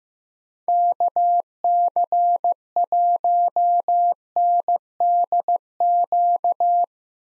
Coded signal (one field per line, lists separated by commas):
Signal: Morse code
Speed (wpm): 15 wpm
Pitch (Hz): 700 Hz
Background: none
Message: KC1NDQ